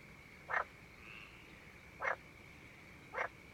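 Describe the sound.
Frog giving three brief rasping croaks spaced a second or more apart, with a thin constant high tone behind.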